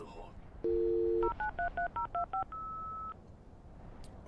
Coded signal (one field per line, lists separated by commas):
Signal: DTMF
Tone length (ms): 120 ms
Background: speech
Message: 0933025